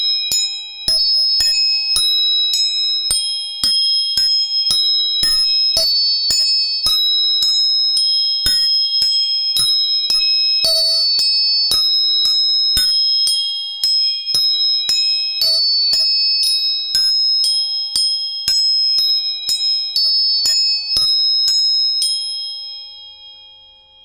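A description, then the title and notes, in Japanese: Tuning forks are struck again and again, roughly twice a second, each sharp metallic tap leaving a bright, sustained ringing tone that overlaps with the next. The high pure tones hang steadily throughout, and after about 22 seconds the strikes stop and the ringing fades away. 音叉チューニング全体性。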